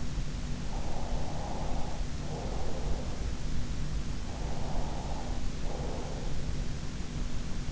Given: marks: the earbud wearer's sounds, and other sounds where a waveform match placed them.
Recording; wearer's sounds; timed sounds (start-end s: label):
sounds in sleep by an in-ear microphone; breath
0.89-3.31 s: breath
4.49-6.55 s: breath